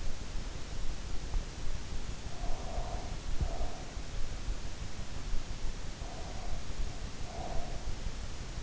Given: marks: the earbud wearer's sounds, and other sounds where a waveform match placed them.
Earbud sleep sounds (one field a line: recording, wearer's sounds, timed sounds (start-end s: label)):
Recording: sounds in sleep by an in-ear microphone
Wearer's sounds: breath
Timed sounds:
2.26-3.99 s: breath
5.95-7.99 s: breath